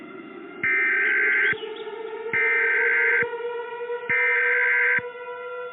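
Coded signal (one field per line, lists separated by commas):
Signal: Emergency Alert System (SAME) tones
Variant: header bursts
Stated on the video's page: Fictional EAS scenario.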